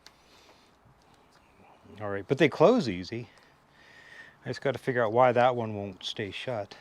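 A plastic ratchet buckle on a Gaerne SG12 motocross boot is closed and clicks shut at 0.1 s, a short sharp snap that confirms it has seated. Someone then talks over a quiet background.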